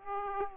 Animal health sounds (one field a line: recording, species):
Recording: mosquito wingbeat signal from an infrared sensor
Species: Aedes aegypti